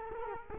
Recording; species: mosquito wingbeat signal from an infrared sensor; Culex quinquefasciatus